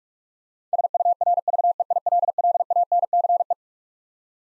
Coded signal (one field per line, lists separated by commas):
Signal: Morse code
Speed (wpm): 46 wpm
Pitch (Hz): 700 Hz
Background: none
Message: SURVEILLANCE